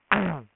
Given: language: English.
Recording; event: throat vibration sensor signal played as sound; throat clearing